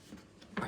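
The metal base cover panel of a Neff/Bosch dishwasher, its tabs slotted in, is pushed at the bottom until it seats. A faint tick comes at 0.4 s, then a sharp metallic click at 0.6 s as the panel clicks into place.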